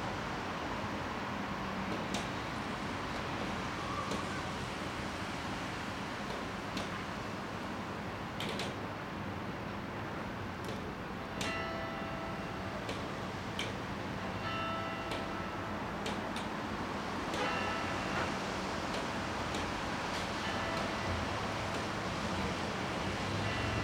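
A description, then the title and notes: Rain patters steadily on a plastic roof over a low traffic rumble, with sharp drips throughout and a bell ringing from around eleven seconds. A wet spring in Delfshaven. A wet, spring day on my balcony. Recorded in Rotterdam by Joris Frowein. The rain drops on a plastic roof, cars driving by on the other side of the canal, the occasional bird that flies by, the ringing of the bridge opening and a big boat pushing the water infront of it, the church nearby signaling noon and a plain flying overhead.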